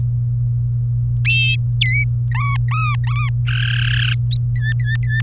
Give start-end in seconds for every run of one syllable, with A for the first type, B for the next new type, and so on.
1.81-2.04 A, 2.31-3.30 B, 3.48-4.13 C, 4.56-5.21 D